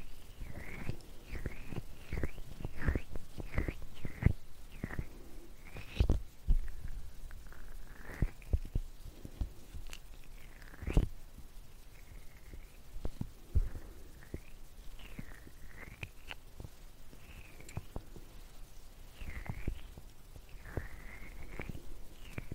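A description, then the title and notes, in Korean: Soft, puffy tingle sounds: an irregular run of muffled pats and thumps, about one or two per second, each with a low thud and a light airy swish. Sharper taps stand out near 6, 11 and 14 seconds over a faint steady hiss. 팅글 덩어리 퍼프 소리.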